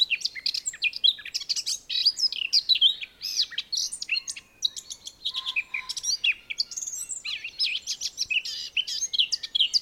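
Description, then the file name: Eurasian blackcap song: sustained rapid warbling with sharp high notes and fluty slides, with a low steady tone briefly audible near the middle. "Sylvia atricapilla"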